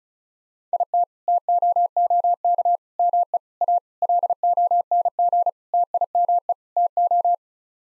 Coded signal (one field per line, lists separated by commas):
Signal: Morse code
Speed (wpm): 34 wpm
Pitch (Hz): 700 Hz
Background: none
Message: IT TOOK ME A LONG TIME TO